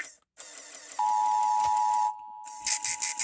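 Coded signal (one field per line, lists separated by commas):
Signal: Emergency Alert System (SAME) tones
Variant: 853 and 960 Hz attention tone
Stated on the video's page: Required Monthly Test EAS heard on broadcast radio or online stream.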